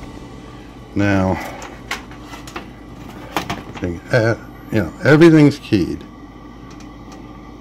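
A keyed plastic cable connector is being pushed toward its motherboard header while a desktop PC is assembled, as someone talks. Short, sharp handling ticks and taps come between about 1.9 and 3.5 seconds. Nothing has seated or clicked yet.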